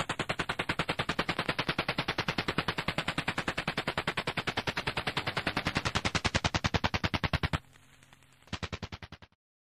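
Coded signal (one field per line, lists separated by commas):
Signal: radar signal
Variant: Russian Woodpecker (Duga)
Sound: rapid sharp tapping, about ten clicks a second, like a machine gun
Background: radio static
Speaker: it's the world later found out it was just an over the horizon radar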